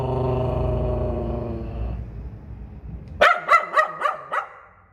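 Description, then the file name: Poodle giving a quick run of five sharp barks after a steady droning sound. "Tieng cho poodle sua"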